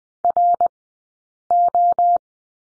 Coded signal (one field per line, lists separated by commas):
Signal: Morse code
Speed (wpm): 20 wpm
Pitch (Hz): 700 Hz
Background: none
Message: RO